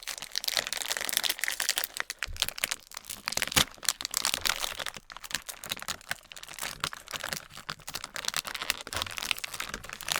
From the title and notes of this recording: ASMR Eating German Snacks.